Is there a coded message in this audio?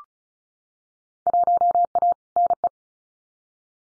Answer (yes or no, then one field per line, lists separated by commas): yes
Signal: Morse code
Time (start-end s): 1.3-2.7 s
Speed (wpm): 34 wpm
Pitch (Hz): 700 Hz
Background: none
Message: 1A NE